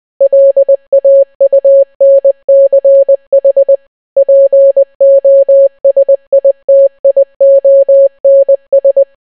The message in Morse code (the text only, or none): LAUNCH POSITIONS